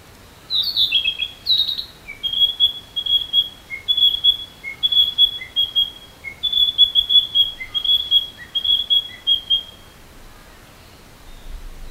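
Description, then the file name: Narcissus flycatcher singing, repeated clear high whistled notes, each followed by a short lower note, in a long rhythmic run after a few opening chirps. Song style called matsuribayashi, likened to festival music. "kibitaki maturibayasi"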